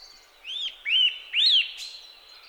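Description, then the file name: Eurasian nuthatch with three clear, arched calls spaced about half a second apart over a faint steady hiss. "Sitta europaea"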